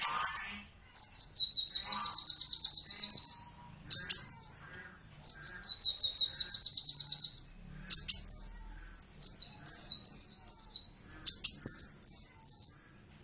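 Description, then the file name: Sunbird song of shrill, fast trilled phrases alternating with short, high, zigzag whistled notes. "suara burung kolibri convert by om kicau"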